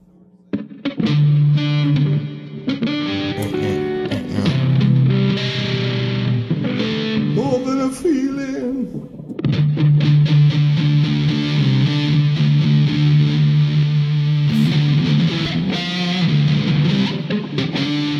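A distorted electric guitar plays loud, sustained chords with a thick, saturated tone and a steady low drone, pausing briefly in the middle before the heavy riffing resumes.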